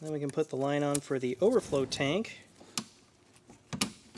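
During a Ford 5.4L 3V engine rebuild, the coolant line for the overflow tank is pushed onto its fitting with a quick connector. Someone talks first, then sharp clicks are heard at 2.8 s and 3.8 s as the connector seats.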